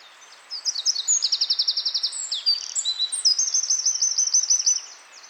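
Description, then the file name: Eurasian wren song: an energetic, very high stream of quick notes with two fast, even trills, delivered without pause for several seconds. "Troglodytes troglodytes"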